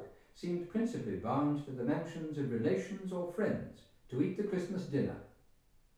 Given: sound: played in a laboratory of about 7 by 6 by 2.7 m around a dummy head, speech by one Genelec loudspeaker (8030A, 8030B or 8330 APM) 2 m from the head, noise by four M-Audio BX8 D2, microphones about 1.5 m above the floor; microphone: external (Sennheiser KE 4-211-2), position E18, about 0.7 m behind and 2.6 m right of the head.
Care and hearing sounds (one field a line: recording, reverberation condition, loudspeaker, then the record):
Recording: male speech in English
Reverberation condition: medium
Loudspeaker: behind (180 degrees)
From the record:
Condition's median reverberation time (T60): about 510 ms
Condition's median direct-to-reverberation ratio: about -0.5 dB